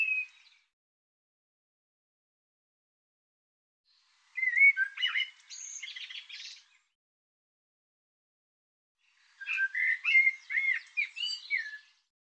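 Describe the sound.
Bird song: brief note, then two separate warbling phrases of quick chirps and slurred whistles several seconds apart, with silence between.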